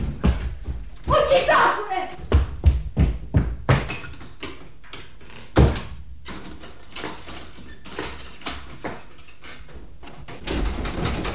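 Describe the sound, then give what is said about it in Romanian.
Heavy, irregular banging on a door locked from the inside, with a cluster of thuds early on and one sharp loud hit midway, while voices talk urgently over and between the blows. “Deschide ușa! Cum s-o deschid? Ai încuiat-o pe dinăuntru!”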